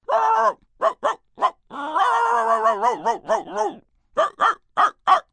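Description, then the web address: Small dog yapping in quick, high barks, then a drawn-out wavering whine and yelps, ending with several more sharp barks. "Voice Box. Dog Small"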